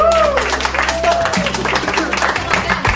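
Audience applause, a dense, steady wash of many hands clapping throughout, with a few rising and falling vocal whoops over it and a low, constant hum underneath.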